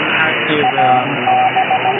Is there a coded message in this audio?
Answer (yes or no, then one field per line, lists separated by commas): yes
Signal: Morse code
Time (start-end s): 0.6-1.9 s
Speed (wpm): 16 wpm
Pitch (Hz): 760 Hz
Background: speech, radio noise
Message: A B